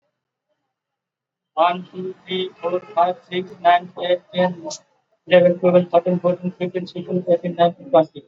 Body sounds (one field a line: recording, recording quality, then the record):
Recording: counting at a normal pace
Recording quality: excellent, no background noise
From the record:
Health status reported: exposed to COVID-19, no respiratory illness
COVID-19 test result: not tested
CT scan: not taken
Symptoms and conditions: none ticked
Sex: male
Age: 55 years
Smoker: no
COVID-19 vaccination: both doses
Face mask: worn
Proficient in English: yes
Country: India